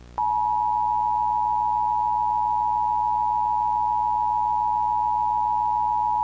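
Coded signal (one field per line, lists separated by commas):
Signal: Emergency Alert System (SAME) tones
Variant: 853 and 960 Hz attention tone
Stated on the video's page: Mock EAS alert for a fictional tower collapse.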